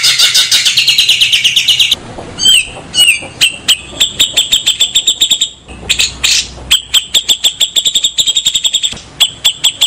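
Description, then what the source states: Grey-cheeked bulbul opening with harsh chatter, then a long run of sharp repeated whistled notes at a steady quick pace, with brief pauses between series. Training song (masteran) for teaching cage birds.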